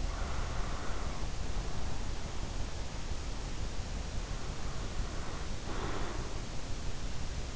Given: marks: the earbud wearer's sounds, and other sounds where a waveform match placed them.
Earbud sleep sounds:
sounds in sleep by an in-ear microphone; breath
0.08-1.96 s: breath
4.16-6.38 s: breath

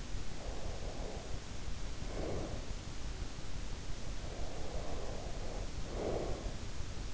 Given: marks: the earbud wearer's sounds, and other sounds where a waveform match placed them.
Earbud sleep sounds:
sounds in sleep by an in-ear microphone; breath
0.36-2.80 s: breath
4.00-6.73 s: breath

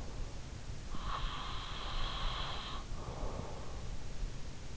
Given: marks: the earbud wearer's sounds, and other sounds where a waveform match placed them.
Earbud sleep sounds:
sounds in sleep by an in-ear microphone; breath
0.86-4.29 s: breath

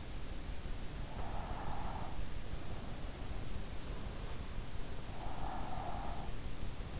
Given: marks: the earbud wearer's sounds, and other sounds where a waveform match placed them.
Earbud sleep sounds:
sounds in sleep by an in-ear microphone; breath
0.73-2.77 s: breath
5.09-6.71 s: breath

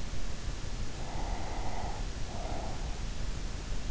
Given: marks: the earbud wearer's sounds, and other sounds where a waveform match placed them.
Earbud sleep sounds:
sounds in sleep by an in-ear microphone; breath
0.66-3.18 s: breath

